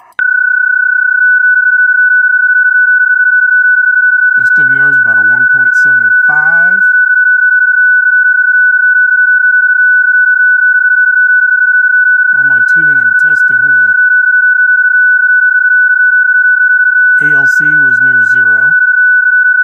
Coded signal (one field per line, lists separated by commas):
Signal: PSK31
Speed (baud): 31.25 baud